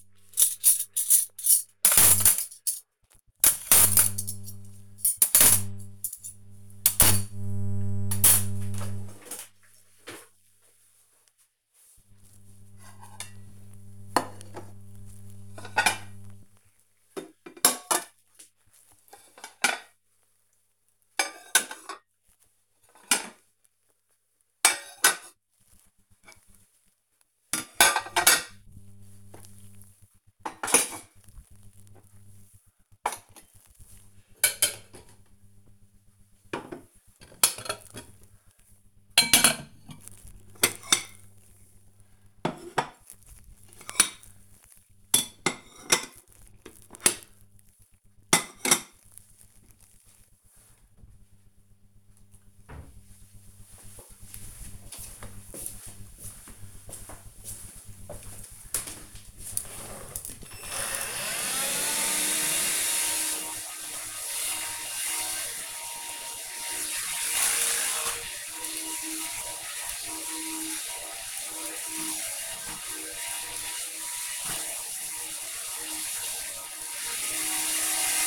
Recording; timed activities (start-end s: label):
household activities, microphone on the right wrist
0.00-50.43 s: putting away the dishes
59.48-78.27 s: vacuum cleaning